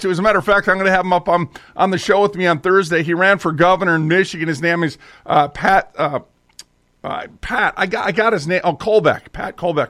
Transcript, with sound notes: As a matter of fact, I'm gonna have him up on, on the show with me on Thursday. He ran for governor in Michigan. His name is, uh, Pat, uh, (clicks tongue) uh, Pat... I got, I got his na- oh, Kolbec, Pat Kolbec.